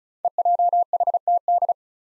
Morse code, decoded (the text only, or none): EJHTD